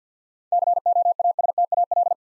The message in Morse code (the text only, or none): COASTAL